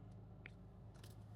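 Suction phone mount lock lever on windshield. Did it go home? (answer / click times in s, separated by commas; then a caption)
yes / 0.5 s. A suction-cup phone mount is pressed onto a windshield and its plastic lock lever is pushed, giving a sharp click at 0.5 s that locks it in place. A softer, brief crackle follows near 1.0 s over a low steady hum.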